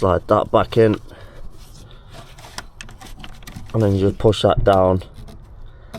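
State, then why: Not seated. A multi-pin wiring harness connector is slid back onto the replacement ABS pump control module of a VW T5.1, fitted for an 01276 fault, and its plastic locking part is about to be pushed down. Someone talks, with a few faint handling ticks between about 2.4 and 3.5 seconds. Nothing has seated or clicked yet.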